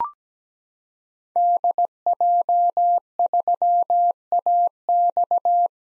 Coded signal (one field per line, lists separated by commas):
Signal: Morse code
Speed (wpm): 17 wpm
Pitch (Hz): 700 Hz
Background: none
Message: DJ3AX